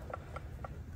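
A triple-disk stall torque converter being rocked back and forth as it goes onto a transmission pump makes three short ratchet-like clicks at 0.1, 0.4 and 0.7 seconds over a low background hum. The clicks confirm the converter is engaged in the pump and seated.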